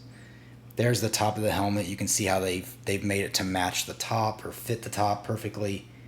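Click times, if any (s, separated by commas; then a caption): none. Someone talks while handling the removable plastic helmet top of a 4-inch Star Wars TVC VC280 Darth Vader (Death Star II) action figure, about to press it back onto the helmet. Only speech is heard, with no distinct click. The helmet top has not clicked into place yet.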